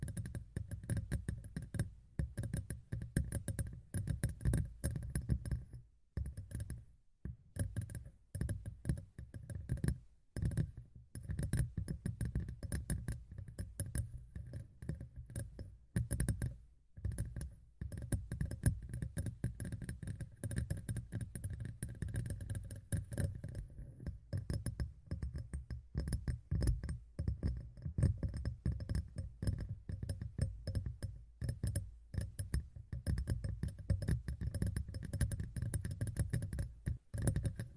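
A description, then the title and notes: Tapping sounds run for the whole clip, a dense, fairly even stream of soft taps with a strong low, thudding body and a thin bright edge on top. Brief gaps break the flow around 6, 10, 17 and 37 seconds. ASMR Tapping in Your Ear (No Talking).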